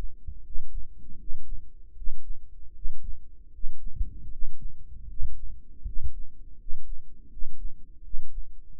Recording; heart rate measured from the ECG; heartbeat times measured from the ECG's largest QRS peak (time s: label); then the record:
heart sounds by microphone in the right ear; 79 bpm
0.43 s: heartbeat
1.17 s: heartbeat
1.95 s: heartbeat
2.73 s: heartbeat
3.51 s: heartbeat
4.29 s: heartbeat
5.07 s: heartbeat
5.84 s: heartbeat
6.57 s: heartbeat
7.29 s: heartbeat
8.02 s: heartbeat
8.76 s: heartbeat
From the record:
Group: healthy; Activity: rest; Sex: male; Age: 35 years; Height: 180 cm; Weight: 86.9 kg